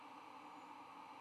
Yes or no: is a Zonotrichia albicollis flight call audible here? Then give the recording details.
no. No flight call is heard. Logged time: 00:34 on 9 November 2014